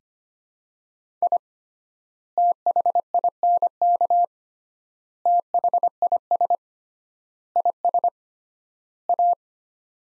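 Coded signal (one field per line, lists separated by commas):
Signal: Morse code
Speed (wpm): 25 wpm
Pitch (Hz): 700 Hz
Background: none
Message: I THINK THIS IS A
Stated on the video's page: Morse practice at 25 wpm, sets of five words with 3x word spacing, a Farnsworth-like method.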